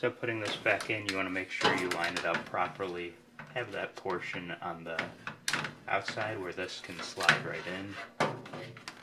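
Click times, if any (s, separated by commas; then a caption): none. Someone talks while lining up and sliding an Aprilaire water panel frame back into a furnace humidifier housing, with soft handling knocks near the end around 8.5–8.9 s. The plastic frame has not yet clicked into place and nothing has seated yet.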